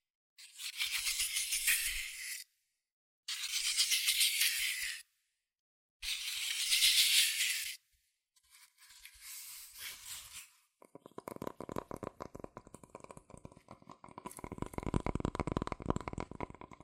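Paper and cardboard sounds: three hissy scratching strokes of about two seconds each, separated by short silences, then a softer stroke near nine seconds. From eleven seconds on comes fast, dense tapping, a rapid rattle of small clicks that grows louder toward the end.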